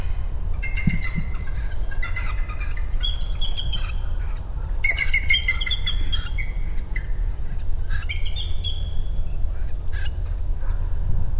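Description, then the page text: Bald eagle calling in high, thin chittering series, several bursts of piping notes over a steady low rumble. Recorded in Maryland, United States. "Bald Eagle by David Weisenbeck via iNaturalist"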